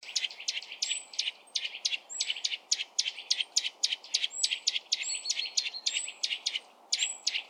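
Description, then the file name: Eurasian nuthatch calling in a steady series of sharp, abrupt notes, roughly three to four each second, mixed with brief high thin whistles; a quiet hiss lies underneath. "Sitta europaea"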